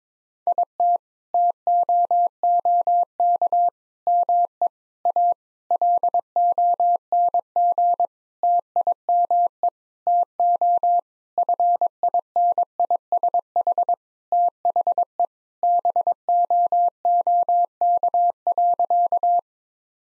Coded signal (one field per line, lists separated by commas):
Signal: Morse code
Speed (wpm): 21 wpm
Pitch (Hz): 700 Hz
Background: none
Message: IT TOOK ME A LONG TIME TO FINISH THE BOOK.